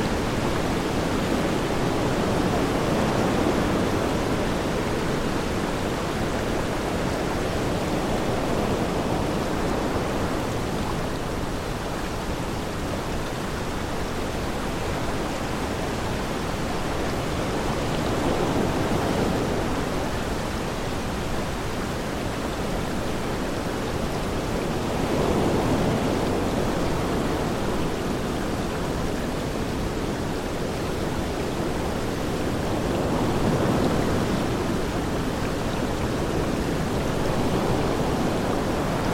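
Green noise blended with rushing water and wind forms a steady, dense low-mid hiss that swells gently every several seconds, with no distinct events.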